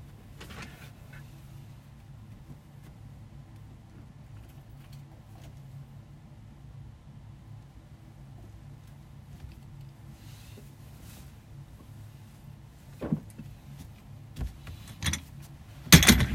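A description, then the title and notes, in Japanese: Tidying a room while a desk and sofa are shifted around. A low, steady rumble fills a quiet indoor space for most of the clip, with faint small rustles. From about thirteen seconds, sharp knocks and a loud clattering bump near the end break in. 掃除と片付け。机とソファの位置を変える。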